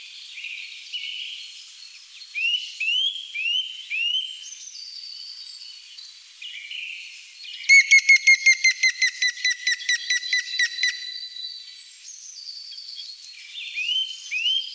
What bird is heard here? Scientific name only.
Picus canus